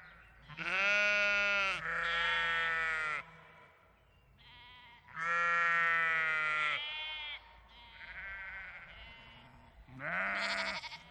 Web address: Field Of Sheep And Lambs Bleeting Countryside Daytime Farming